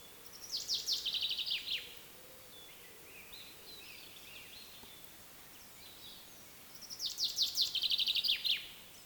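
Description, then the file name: Common chaffinch singing twice, each phrase an accelerating descending trill closing with a quick flourish, faint other bird notes in the gap between songs. "Fringilla coelebs"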